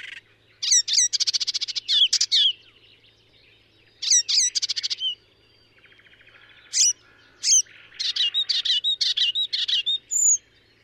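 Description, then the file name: Icterine warbler singing varied, high, chattering phrases in bursts, with rapid repeated notes, sharp upslurred whistles and short pauses between the phrases. "Hypolais icterine"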